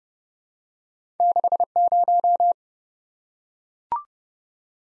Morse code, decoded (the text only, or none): 60